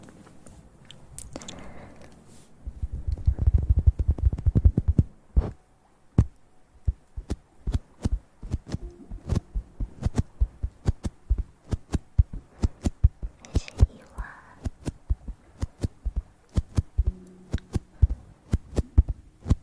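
Mouth sounds up close: a steady run of sharp, wet clicks and smacks about twice a second, with a denser low rumbling stretch early on.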